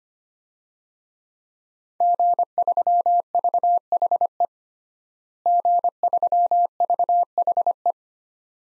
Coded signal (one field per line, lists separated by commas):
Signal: Morse code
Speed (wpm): 25 wpm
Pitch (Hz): 700 Hz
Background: none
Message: G3VHE G3VHE